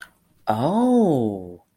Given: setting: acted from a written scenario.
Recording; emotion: vocal sound without words; realization